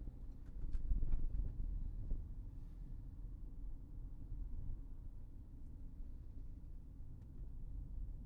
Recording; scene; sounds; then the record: everyday scene through a hearing-aid microphone; in a vehicle; engine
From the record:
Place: Berlingo II, diesel engine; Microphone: behind the ear, right, front